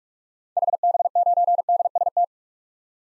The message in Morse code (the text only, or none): HB9DST